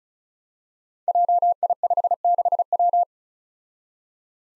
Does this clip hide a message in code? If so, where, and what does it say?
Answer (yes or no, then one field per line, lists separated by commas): yes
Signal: Morse code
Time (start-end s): 1.1-3.0 s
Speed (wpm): 36 wpm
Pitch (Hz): 700 Hz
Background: none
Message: JI56W